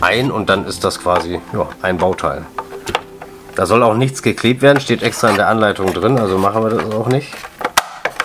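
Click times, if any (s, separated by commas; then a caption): 7.8 s, 8.0 s. Two large parts of a dollhouse model's Christmas wagon are pushed together without glue so the side snap catches engage the mating part. Someone talks, then sharp snaps are heard at 7.8 s and 8.1 s as the catches click into place. The part is seated and now firm.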